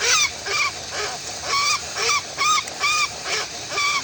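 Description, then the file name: Westland petrel calls: spaced, arched notes with a few lower husky ones, irregular in rhythm. "westland black petrel song"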